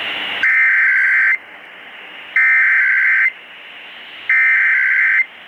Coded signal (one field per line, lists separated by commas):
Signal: Emergency Alert System (SAME) tones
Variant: header bursts